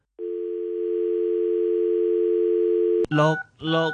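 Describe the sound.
A steady, unbroken telephone ringing tone, after a phone number is dialled, drones for about three seconds at an even level, then cuts off abruptly as a voice begins speaking in two short bursts.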